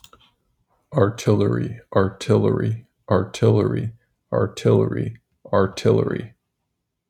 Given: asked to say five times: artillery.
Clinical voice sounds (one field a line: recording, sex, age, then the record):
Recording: repeated word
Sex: male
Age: 20 to 29 years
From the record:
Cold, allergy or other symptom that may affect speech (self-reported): no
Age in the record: 28 years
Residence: Texas, United States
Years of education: 20